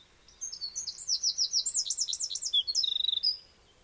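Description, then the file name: Eurasian wren singing one loud, rapid three-second phrase of high, piercing notes that ends in a fast rattling trill. "Troglodytes troglodytes"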